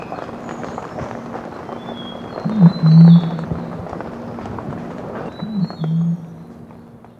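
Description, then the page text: White-bellied imperial pigeon giving deep, booming coos in two short bursts a few seconds apart, with thin high whistles in the background. "White-Bellied Imperial Pigeon Call. Quick Sounds"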